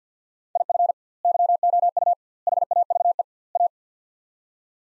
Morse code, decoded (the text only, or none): IF YOU HAVE A